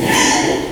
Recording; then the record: squeal of a Yucatan mini pig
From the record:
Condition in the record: before surgery on the right vocal fold (resection and tissue-engineered implant); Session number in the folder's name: 2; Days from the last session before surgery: 0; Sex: male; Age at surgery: 12 weeks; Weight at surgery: 13 kg